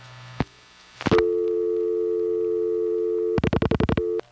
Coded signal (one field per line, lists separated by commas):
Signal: telephone call progress tone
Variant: North America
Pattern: dial tone